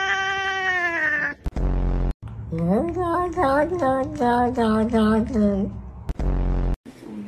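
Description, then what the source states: Cat meowing: a long steady harmonic call, then a run of wavering, warbling meows dropping lower, broken by short thumping bursts. Described as funny cat sounds.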